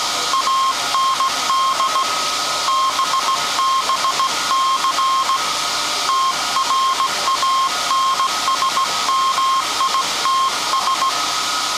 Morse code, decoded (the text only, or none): AND BBC TRANSMITS